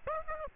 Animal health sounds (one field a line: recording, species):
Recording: mosquito wingbeat signal from an infrared sensor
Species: Aedes aegypti